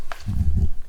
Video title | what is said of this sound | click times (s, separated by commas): Our CARLO Alu, Comfort EP 185 patient lift - BEKA Connect #2 | This little click, you can hear and see that it's completely connected. | 0.1 s